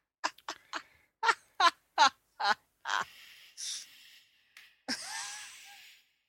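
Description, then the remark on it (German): A rapid series of short, sharp breaths puffs loudly into the microphone, followed by a few longer, hissing exhales and sighs. No one speaks. “Du sollst nicht so laut atmen.”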